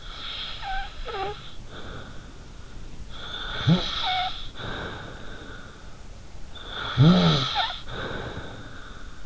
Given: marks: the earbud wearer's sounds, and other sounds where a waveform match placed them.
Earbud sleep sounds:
sounds in sleep by an in-ear microphone; snoring breath
0.06-2.53 s: snoring breath
3.06-5.92 s: snoring breath
6.52-9.26 s: snoring breath

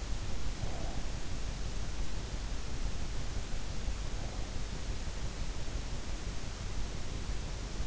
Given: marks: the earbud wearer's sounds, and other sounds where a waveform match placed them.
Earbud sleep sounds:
sounds in sleep by an in-ear microphone; breath
0.54-1.39 s: breath

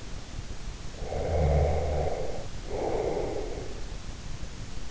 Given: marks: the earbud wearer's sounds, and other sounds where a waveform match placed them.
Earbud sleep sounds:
sounds in sleep by an in-ear microphone; snoring breath
0.85-3.99 s: snoring breath

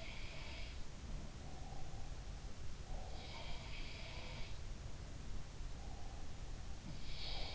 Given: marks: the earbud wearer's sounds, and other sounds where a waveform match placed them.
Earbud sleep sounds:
sounds in sleep by an in-ear microphone; breath
0.00-0.88 s: sound from someone else or the room
1.28-3.33 s: breath
3.13-4.62 s: sound from someone else or the room
7.01-7.55 s: sound from someone else or the room

